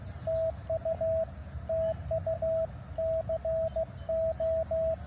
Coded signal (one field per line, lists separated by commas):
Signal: Morse code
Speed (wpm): 16 wpm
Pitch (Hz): 650 Hz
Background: radio noise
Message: TU TU CO